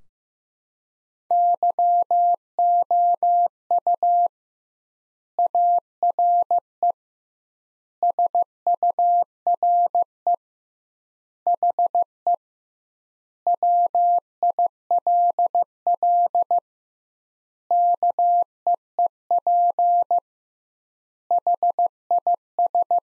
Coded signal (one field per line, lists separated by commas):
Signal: Morse code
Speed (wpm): 14 wpm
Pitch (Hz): 700 Hz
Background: none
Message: YOU ARE SURE HE WILL KEEP HIS